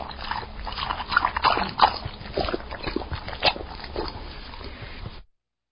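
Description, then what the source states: Dog lapping water, quick wet slurping laps about three per second, uneven in rhythm, ending in silence. Drinking water.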